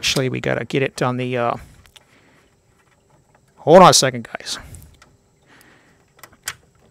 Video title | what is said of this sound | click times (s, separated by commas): 2012 - 2020 Chevrolet Sonic Coolant Leak ~ Upper Inlet Radiator Hose Replacement (Ecotec 1.4L Turbo) | didn't catch the little clasp here on this little hinge piece or this little metal piece | none